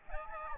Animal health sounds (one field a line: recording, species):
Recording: mosquito wingbeat signal from an infrared sensor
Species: Aedes albopictus